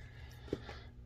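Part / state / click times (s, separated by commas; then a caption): metal fuel injector retaining clip on the fuel rail and injector / seated / 0.5 s. A metal fuel injector retaining clip on the fuel rail of a Chevy Cruze/Sonic is slid into its slot and turned 90 degrees until it pops into place on the other side, holding the injector. A single short, sharp click sounds at 0.5 s over a low steady hum. The clip is seated.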